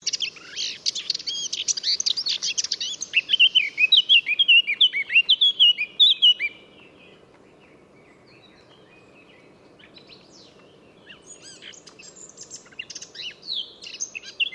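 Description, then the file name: Eurasian blackcap song: a dense, scratchy warble turning into bright fluty whistles, then quieter twittering for the rest. "Sylvia atricapilla"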